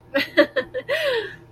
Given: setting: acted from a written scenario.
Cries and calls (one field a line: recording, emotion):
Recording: vocal sound without words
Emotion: pride